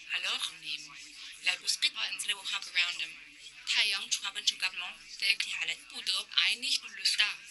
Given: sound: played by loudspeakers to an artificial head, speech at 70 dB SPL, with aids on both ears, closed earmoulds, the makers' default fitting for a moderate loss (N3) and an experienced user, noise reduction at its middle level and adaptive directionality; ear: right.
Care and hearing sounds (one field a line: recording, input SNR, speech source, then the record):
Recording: speech test signal (ISTS) in cocktail-party noise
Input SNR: +9 dB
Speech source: in front (0 degrees)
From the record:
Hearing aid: class 2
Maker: H